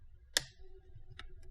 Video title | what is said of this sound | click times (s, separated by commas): FULL Liquid Metal Alienware 17 R4 GTX 1060 Repaste Grizzly | want to hear all those click sounds so | 0.4 s, 1.2 s